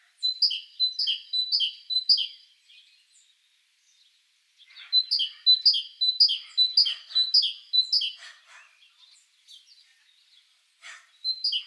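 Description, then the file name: Great tit singing bright two-note phrases, a high note dropping to a lower one, repeated rapidly in two runs separated by a short pause, with fainter chirps between. "Parus major"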